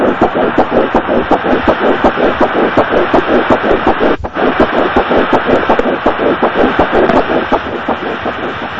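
Rapid, regular whooshing pulses at about 160 per minute, with a brief dropout near the middle. This is the heartbeat of a fetus at six and a half weeks of gestation, a normal early fetal heart rate.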